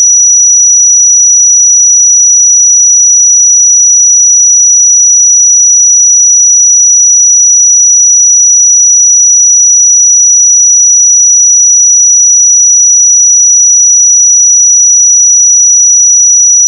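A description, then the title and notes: A pure sine tone at 5865 Hz holds perfectly steady for the whole clip, a thin, piercing high whistle with nothing else around it. 5865 Hz 1 Hz Interval Sine Pure Tone Frequency 441000 Sample Mono.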